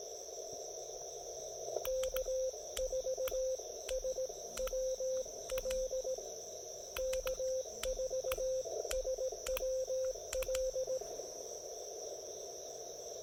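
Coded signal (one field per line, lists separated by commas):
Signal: Morse code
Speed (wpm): 18 wpm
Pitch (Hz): 530 Hz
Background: radio noise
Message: K4SWL K4SWL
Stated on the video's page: Park activation.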